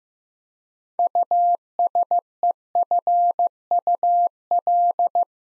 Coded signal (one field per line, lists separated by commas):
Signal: Morse code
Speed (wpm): 15 wpm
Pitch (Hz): 700 Hz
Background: none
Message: USEFUL